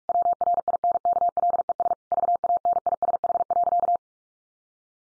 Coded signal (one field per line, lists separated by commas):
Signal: Morse code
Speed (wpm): 44 wpm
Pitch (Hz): 700 Hz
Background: none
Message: WRINKLES VANISH.